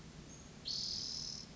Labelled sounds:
Spotted Towhee

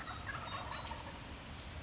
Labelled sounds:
Wild Turkey

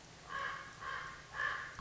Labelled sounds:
Common Raven

